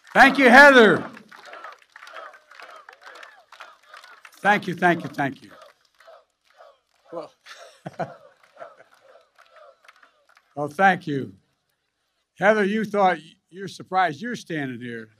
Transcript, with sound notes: Thank you, Heather. Thank you, thank you, thank you. (Laughs.) Well, thank you. Heather, you thought — you’re surprised you’re standing here.